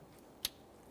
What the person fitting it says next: Audible click. A light tug.